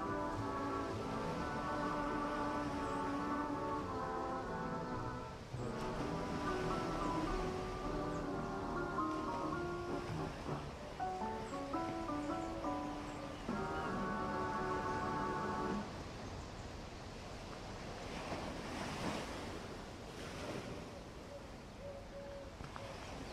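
Ocean waves wash steadily beneath a dense, overlapping chorus of seagull cries for about sixteen seconds, then the surf continues with only scattered calls.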